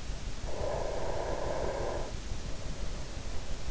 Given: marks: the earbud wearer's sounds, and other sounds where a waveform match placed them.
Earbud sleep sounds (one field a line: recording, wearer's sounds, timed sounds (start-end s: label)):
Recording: sounds in sleep by an in-ear microphone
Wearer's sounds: breath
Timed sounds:
0.38-3.71 s: breath